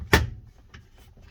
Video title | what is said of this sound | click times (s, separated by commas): How to install Vicseed Phone Holder Mount | place it in and then push into your hair click | 0.1 s